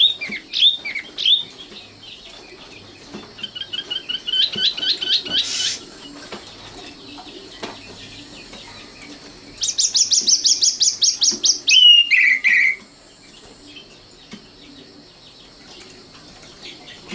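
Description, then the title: Oriental magpie-robin song in bursts: whistled notes, a rapid buzzy rattle, then a long harsh trill and a final slurred whistle, with quiet gaps between. Kacer song. "Kicau Kacer"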